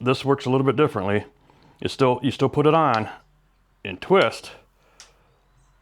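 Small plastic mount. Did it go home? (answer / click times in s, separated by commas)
yes / 5.0 s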